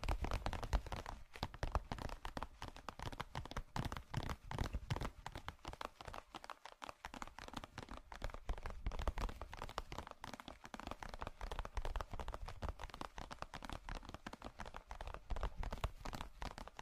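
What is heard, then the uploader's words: Charming tapping in dense, rapid, irregular clicks that never let up, crisp and bright over a low rumble, steady throughout with a brief lull near seven seconds. Charming Tapping.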